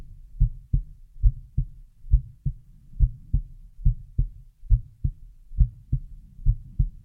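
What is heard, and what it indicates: Steady paired low thumps, lub-dub, repeat at about 69 beats a minute with an even rhythm. It is an adult heartbeat heard close up, with heart sounds only and no voice.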